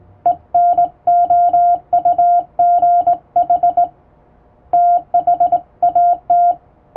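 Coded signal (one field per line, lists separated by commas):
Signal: Morse code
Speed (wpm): 20 wpm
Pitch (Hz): 700 Hz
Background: none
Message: ENOUGH THAT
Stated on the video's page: Hand-sent international Morse practice on a straight (vertical) key, using typing-speed test text; playback speed adjustable.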